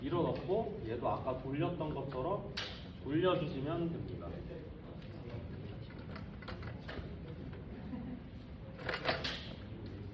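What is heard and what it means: A bayonet-mount accessory is handled at a film light head, its three lugs lined up with three grooves to be pushed in and rotated until it locks, while someone talks. Soft handling knocks and taps are heard around 6.2, 6.4, 6.9, 8.9 and 9.3 seconds. Nothing has seated or clicked yet.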